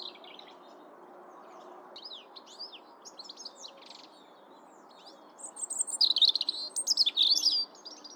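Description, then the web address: European robin song: faint thin notes early, then a loud varied warbling phrase of high whistles and rapid twittering, with quiet background hiss. "pub SETE data Erithacus rubecula"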